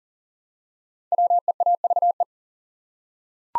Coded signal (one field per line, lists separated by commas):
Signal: Morse code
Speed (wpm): 40 wpm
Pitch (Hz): 700 Hz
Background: none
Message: WEAVE